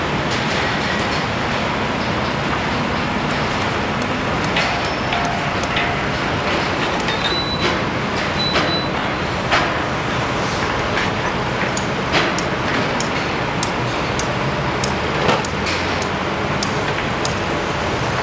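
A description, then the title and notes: Site ambience of steady, dense vehicle rumble, scattered with frequent sharp clicks and knocks and a few brief high tones. Simultaneous site ambience.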